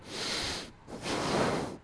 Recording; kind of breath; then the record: one breath in and out by a microphone near the nose and mouth; deep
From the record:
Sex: male